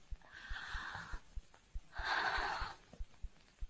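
Two slow, deep, audible breaths, acted, as a physician listens to an adult empress's back while she breathes deeply on request. Her lungs are declared fully recovered. Regular soft low thumps in the background.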